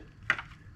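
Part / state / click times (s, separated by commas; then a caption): plastic wheel cover skin onto truck alloy wheel / seated / 0.3 s. A black plastic wheel cover skin for a 2024-2026 Toyota Tacoma, lined up around the valve stem, is pushed onto the truck's alloy wheel. It snaps into place with a sharp click at 0.3 s, followed by a softer click at 0.4 s. The skin is seated on the wheel.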